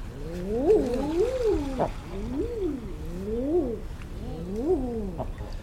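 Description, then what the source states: Common eider cooing: crooning, rising-then-falling 'ah-ooo' notes repeated in a series, some overlapping. Eider ducks in Northumberland.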